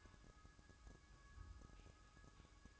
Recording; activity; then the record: daily activity, microphone in the room; take from stove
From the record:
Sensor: 2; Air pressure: 1007.8 hPa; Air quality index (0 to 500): 102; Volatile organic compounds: 1 ppm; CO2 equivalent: 768 ppm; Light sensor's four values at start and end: 6/15/6/6 and 6/15/6/6